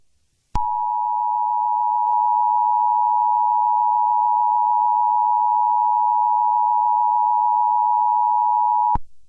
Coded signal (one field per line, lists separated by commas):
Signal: Emergency Alert System (SAME) tones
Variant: 853 and 960 Hz attention tone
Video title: Rainfurrest Disaster - An EAS scenario